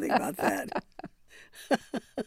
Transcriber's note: laughter